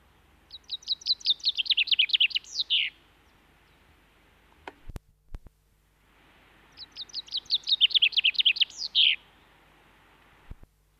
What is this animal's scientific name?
Fringilla coelebs